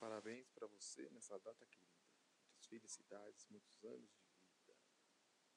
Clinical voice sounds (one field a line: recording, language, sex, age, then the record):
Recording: short text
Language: Brazilian Portuguese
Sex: male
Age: 30 to 39 years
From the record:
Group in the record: control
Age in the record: 33 years